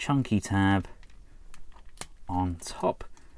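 Someone talks while handling the two plastic chest halves of a DX9 Toys transforming robot toy, lining them up to tab them together at the top. A few faint taps and light plastic clicks are heard between the words. Nothing has seated or clicked home yet.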